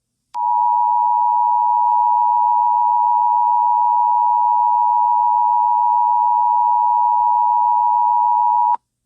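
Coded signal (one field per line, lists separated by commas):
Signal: Emergency Alert System (SAME) tones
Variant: 853 and 960 Hz attention tone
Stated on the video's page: Mock (simulated) tribute alert, a remake made for entertainment; the real EAS was not used.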